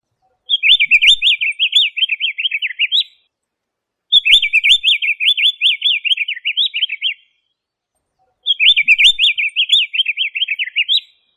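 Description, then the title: Bird song in three bouts of rapid, high, chattering trills, each lasting about three seconds, separated by short silences. "LuckyPassaros CompletosSama"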